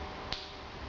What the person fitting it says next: you can hear it click and then it turns